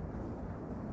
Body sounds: background sound without coughing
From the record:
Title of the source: Train Ride Ambience ambient white noise for sleeping, focus, studying, reading

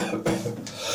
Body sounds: coughing mixed with background sound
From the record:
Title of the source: Cough Around the Clock!

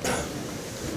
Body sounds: coughing mixed with background sound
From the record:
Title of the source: Spring Cold Coughing 3

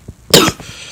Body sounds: coughing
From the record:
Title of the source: Wet coughing

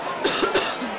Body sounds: coughing mixed with background sound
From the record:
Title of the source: November cold (wet coughing)

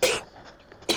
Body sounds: coughing mixed with background sound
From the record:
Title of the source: 61 morning phlegmy cough...again

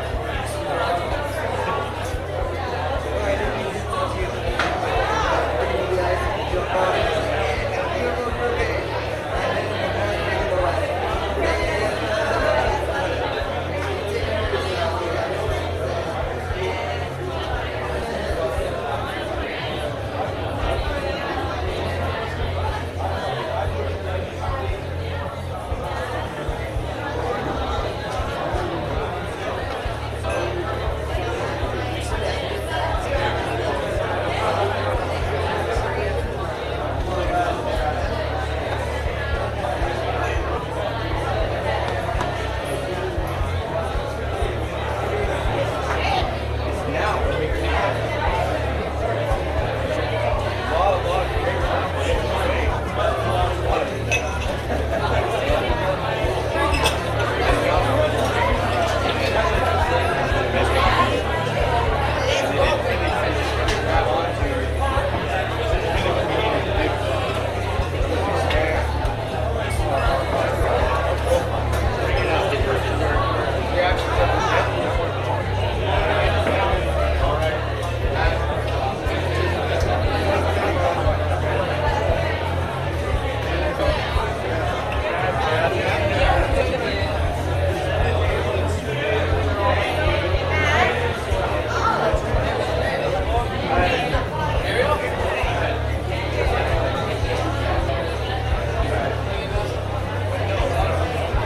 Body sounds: background sound without coughing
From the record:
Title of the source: CITY SOUNDS Busy Bar in the Evening Night - 2 HOURS of Ambiance for Relaxation

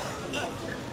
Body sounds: coughing mixed with background sound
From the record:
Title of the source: Heavy cold and sore throat coughing.

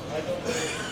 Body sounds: coughing mixed with background sound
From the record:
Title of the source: Spring Cold Coughing 2

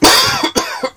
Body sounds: coughing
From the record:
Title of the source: Dry Coughing Fit in the Afternoon.

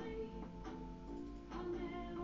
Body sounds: background sound without coughing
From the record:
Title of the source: BackgroundMusic3

